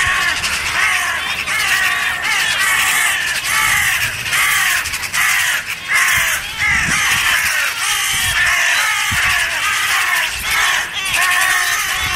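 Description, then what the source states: Western Jackdaw screaming, harsh grating calls repeated rapidly and irregularly from several birds at once. A hawk attacked a jackdaw, and two other jackdaws gathered around and are screaming.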